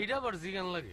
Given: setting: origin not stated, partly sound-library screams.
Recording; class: one-second piece from a danger detection set; normal situation